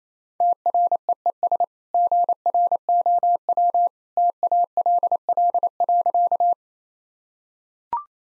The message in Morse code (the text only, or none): TREES GROW TALL.